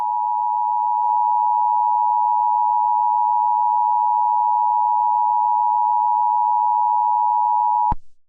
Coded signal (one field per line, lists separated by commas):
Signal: Emergency Alert System (SAME) tones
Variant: 853 and 960 Hz attention tone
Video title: eas scenario. some dumb idiot has put the weather machine on 7. #easscenario